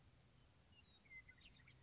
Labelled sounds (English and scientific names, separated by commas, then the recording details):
Western Meadowlark (Sturnella neglecta)
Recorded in Sonoma County, California